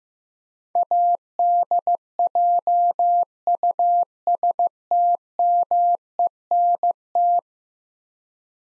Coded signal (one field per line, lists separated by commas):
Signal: Morse code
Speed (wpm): 16 wpm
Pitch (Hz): 700 Hz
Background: none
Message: ADJUSTMENT